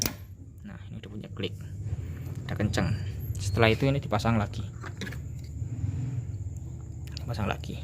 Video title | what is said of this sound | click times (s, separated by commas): Cara Mengambil Bahan Bakar Kendaraan BBM Sedot Bensin pada Mobil Injeksi Fuel Injection Lengkap | poor Sampai bunyi klik Nah itu punya klik kenceng | 0.0 s